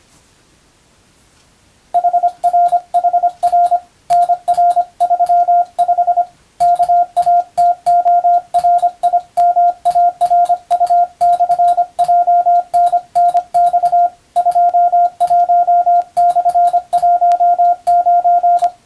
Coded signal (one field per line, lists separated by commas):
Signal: Morse code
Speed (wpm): 25 wpm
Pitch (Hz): 700 Hz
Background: radio noise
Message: HRHR NR35 KATORIMARU/JNNX 21/19